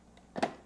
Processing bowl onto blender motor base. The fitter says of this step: turn the handle to the forward position to snap into place